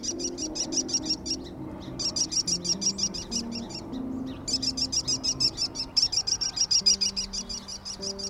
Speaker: an American kestrel, hanging out on the phone lines.